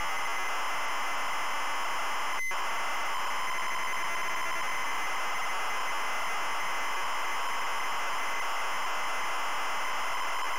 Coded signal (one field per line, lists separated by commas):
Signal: ZX Spectrum tape loading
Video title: ZX SPECTRUM Loading Through the Trap Door 1987 Piranha